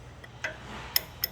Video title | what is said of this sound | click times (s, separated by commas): NuPak 300 Overview 2 | Hear that click? | 1.0 s